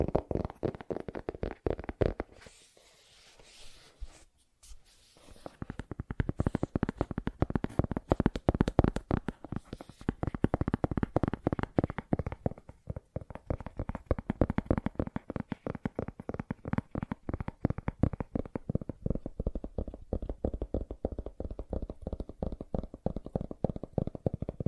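Fast tapping in dense, rapid bursts of short clicks that run almost continuously, mostly low to mid in pitch with a brighter edge. The tapping thins out and pauses briefly around the three to five second mark, then returns steady and busy to the end.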